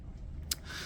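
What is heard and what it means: The second locking section of a vacuum forming machine's clamp frame is pushed all the way down to seal the plastic sheet airtight. A single sharp click sounds at 0.5 s over a low background hum, and the lock is seated.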